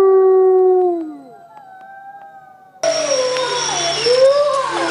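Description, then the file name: Wolf howl that holds steady, then slides downward and fades, followed by a noisier passage of wavering howling. "Wolf Howling Compilation"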